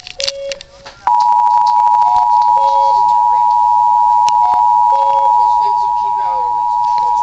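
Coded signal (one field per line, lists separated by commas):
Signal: Emergency Alert System (SAME) tones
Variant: 853 and 960 Hz attention tone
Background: speech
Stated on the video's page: Required Monthly Test on a TV station, relayed from another station rather than the usual relay source.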